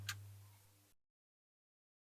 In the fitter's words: Saw that just click into place. That bar there.